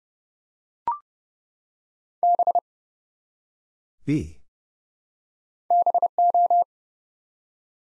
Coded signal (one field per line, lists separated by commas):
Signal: Morse code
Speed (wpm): 30 wpm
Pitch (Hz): 700 Hz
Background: none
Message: B BO